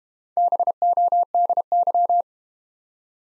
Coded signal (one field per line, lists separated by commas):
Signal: Morse code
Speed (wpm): 32 wpm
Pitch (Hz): 700 Hz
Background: none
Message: BODY